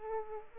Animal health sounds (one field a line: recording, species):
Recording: mosquito wingbeat signal from an infrared sensor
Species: Culex pipiens